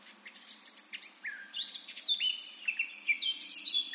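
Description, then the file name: Eurasian blackcap song, a quick jumble of sweet warbled and whistled notes that grows louder toward the end. "Sylvia atricapilla"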